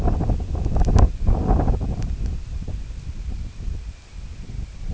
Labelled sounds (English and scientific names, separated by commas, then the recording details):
none
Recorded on Arctic tundra, site IGLO-D, on 24 June 2018
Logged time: 10:00